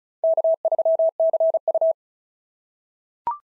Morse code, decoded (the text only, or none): K3CU